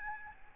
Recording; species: mosquito wingbeat signal from an infrared sensor; Aedes albopictus